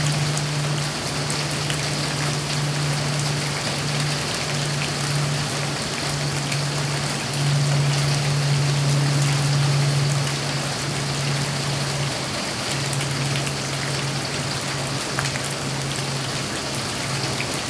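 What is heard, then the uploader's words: Heavy rain pours in a steady, dense hiss with scattered drop ticks, while a low engine-like hum drones underneath and briefly dips near twelve seconds. Busy Berlin City. Even tho it rains heavily Berlin never sleeps.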